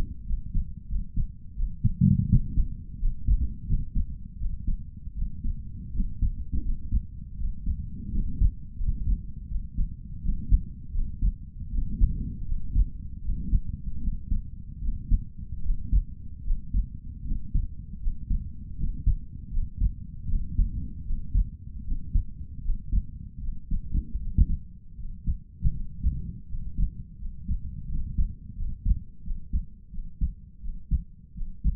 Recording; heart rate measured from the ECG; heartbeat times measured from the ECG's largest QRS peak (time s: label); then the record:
heart sounds by stethoscope; 81 bpm
0.25 s: heartbeat
0.87 s: heartbeat
1.54 s: heartbeat
2.27 s: heartbeat
2.98 s: heartbeat
3.65 s: heartbeat
4.37 s: heartbeat
5.13 s: heartbeat
5.91 s: heartbeat
6.61 s: heartbeat
7.35 s: heartbeat
8.10 s: heartbeat
8.76 s: heartbeat
9.47 s: heartbeat
10.20 s: heartbeat
10.91 s: heartbeat
11.70 s: heartbeat
12.44 s: heartbeat
13.21 s: heartbeat
13.99 s: heartbeat
14.80 s: heartbeat
15.61 s: heartbeat
16.42 s: heartbeat
17.23 s: heartbeat
17.98 s: heartbeat
18.75 s: heartbeat
19.49 s: heartbeat
20.27 s: heartbeat
21.03 s: heartbeat
21.83 s: heartbeat
22.60 s: heartbeat
23.39 s: heartbeat
24.17 s: heartbeat
24.95 s: heartbeat
25.72 s: heartbeat
26.46 s: heartbeat
27.17 s: heartbeat
27.86 s: heartbeat
28.54 s: heartbeat
29.22 s: heartbeat
29.90 s: heartbeat
30.60 s: heartbeat
31.33 s: heartbeat
From the record:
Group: healthy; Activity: rest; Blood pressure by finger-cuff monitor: 104/65 mmHg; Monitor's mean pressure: 77 mmHg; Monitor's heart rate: 80 bpm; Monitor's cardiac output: 5.6 L/min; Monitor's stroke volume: 69 mL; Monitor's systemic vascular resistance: 950 dyn s/cm5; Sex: male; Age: 22 years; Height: 181 cm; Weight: 60 kg